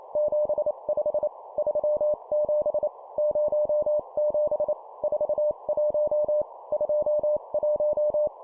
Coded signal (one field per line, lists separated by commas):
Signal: Morse code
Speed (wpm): 28 wpm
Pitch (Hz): 600 Hz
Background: none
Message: 75 37 07 41 21